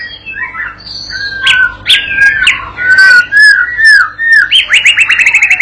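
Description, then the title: White-rumped shama song: clear drawn-out whistles and downslurred notes, ending in a quick rattling trill of repeated high notes. Master lure song used to train a young shama (murai batu paud) to sing gacor and prompt it to answer at once. "MURAI BATU PAUD BELAJAR GACOR, AJARI DENGAN MASTERAN PANCINGAN INI, PANCING LANGSUNG NYAUT"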